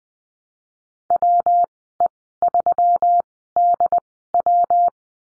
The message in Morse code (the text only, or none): WE3DW